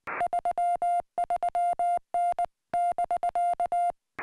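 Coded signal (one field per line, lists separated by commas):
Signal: Morse code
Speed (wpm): 19 wpm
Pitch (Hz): 700 Hz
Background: music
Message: 33N <BK>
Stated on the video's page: Summits on the Air CW activation from a peak, reached on a fly-in trip.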